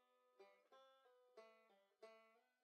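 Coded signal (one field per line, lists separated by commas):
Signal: none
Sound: banjo music notes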